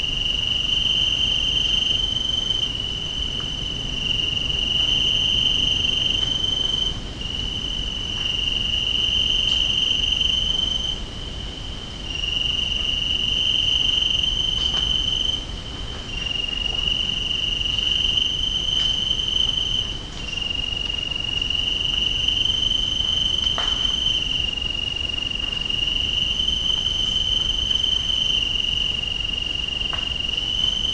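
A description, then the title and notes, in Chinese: Cicadas on a summer night keep up a shrill, unbroken buzz at a high, piercing pitch, swelling and easing in long waves every few seconds with brief dips. A soft low rumble and a few faint ticks sit underneath throughout. 夏夜鸣蝉。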